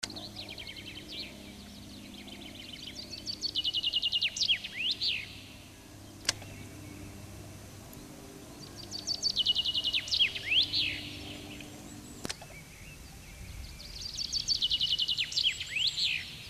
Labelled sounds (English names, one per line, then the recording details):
Common Chaffinch song
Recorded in the wild
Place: Montreux, Kanton Waadt, CH
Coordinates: 46.4586, 6.94
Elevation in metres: 1158
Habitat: mountains
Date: 1986-05-22
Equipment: Uher 4000 Report, Sennheiser MKH 815 T
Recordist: Tretzel, Erwin